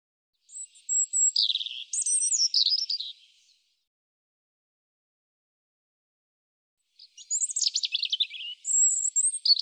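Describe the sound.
European robin song, two separate phrases of high tinkling whistles and quick warbled trills, divided by about three and a half seconds of silence; nothing else audible.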